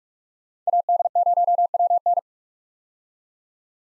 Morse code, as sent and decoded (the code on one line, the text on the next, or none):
.- -.. ----- .-- -.
AD0WN